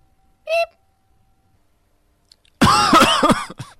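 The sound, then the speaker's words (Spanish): After a short high tonal blip and a stretch of silence, a loud, harsh burst of rapid coughing erupts and lasts about a second, raspy and strained. “Se me da la tos.”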